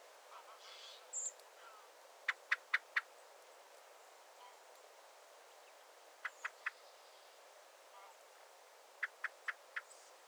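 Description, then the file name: Common blackbird giving short, hard clicking calls in three bursts of three or four notes, separated by pauses of a few seconds, with faint background birds. "Turdus merula"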